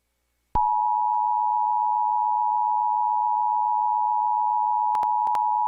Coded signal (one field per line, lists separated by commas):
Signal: Emergency Alert System (SAME) tones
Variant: 853 and 960 Hz attention tone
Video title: Carcar city channel has been interrupted by eas